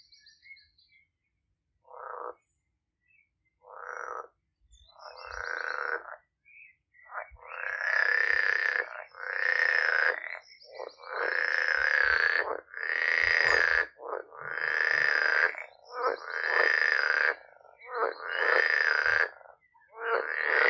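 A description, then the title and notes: Frogs croak in repeated rattling bursts, starting sparse and short, then building after about seven seconds into long, loud, evenly spaced calls roughly every second and a half. Each croak is a raspy, mid-pitched trill, with faint low thumps between calls. Relaxing music of nature from a Polish garden in the countryside.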